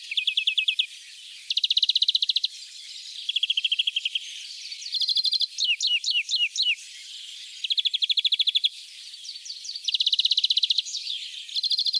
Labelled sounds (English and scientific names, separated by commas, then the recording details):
European Greenfinch (Chloris chloris) song
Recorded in the wild
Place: Kaiserstuhl, Baden-Württemberg, DE
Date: 1981-05-16
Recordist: Schwarz, Dieter